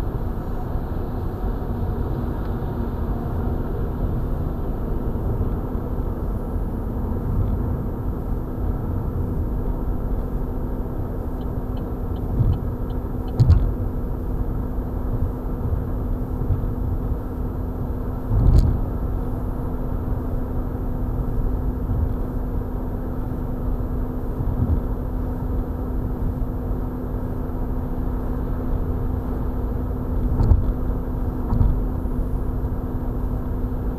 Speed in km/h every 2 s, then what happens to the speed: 96, 96, 97, 97, 97, 97, 97, 97, 98, 98, 97, 97, 97, 97, 97, 97, 97.
0-34 steady at about 97.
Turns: none.